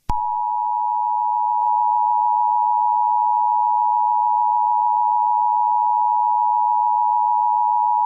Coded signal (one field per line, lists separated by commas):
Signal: Emergency Alert System (SAME) tones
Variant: 853 and 960 Hz attention tone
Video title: EAS scenario 7: Doom Rig 2: The Wreckfest